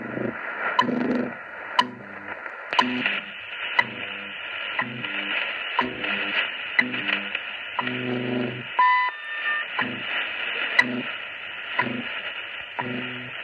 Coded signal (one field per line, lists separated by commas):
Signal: radio time signal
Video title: WWVH received in Beijing on Sony AN-LP 1 vs long wire.